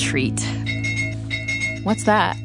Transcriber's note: ring